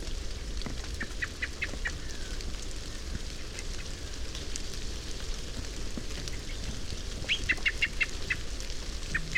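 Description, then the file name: Common blackbird giving short series of sharp chinking notes, one series early and another near the end, over constant low background rumble. "Turdus merula"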